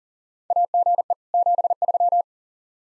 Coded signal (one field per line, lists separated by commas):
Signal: Morse code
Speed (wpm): 37 wpm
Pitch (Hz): 700 Hz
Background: none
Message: AGE 73